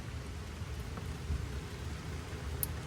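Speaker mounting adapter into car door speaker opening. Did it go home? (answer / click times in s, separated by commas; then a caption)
yes / 2.6 s. A Kicker 6.5-inch speaker with its mounting adapter is pressed into the trimmed (clearanced) speaker opening of a Honda Civic door. Over a steady low rumble and hiss, a sharp click at 2.6 s marks one side of the adapter seating into place.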